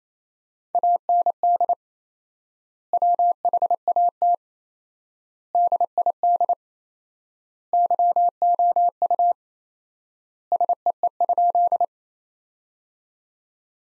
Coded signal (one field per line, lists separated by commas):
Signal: Morse code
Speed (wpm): 28 wpm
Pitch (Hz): 700 Hz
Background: none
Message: AND WHAT DID YOU SEE?